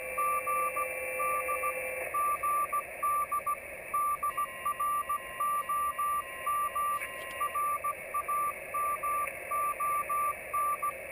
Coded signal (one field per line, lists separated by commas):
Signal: Morse code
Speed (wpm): 16 wpm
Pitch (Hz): 1170 Hz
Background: radio noise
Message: GD GD DROM RAMON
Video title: QSO CW QRP